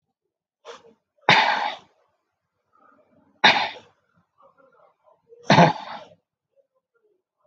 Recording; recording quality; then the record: shallow voluntary cough; excellent, no background noise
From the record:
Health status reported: healthy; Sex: male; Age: 41 years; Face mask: not worn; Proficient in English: yes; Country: India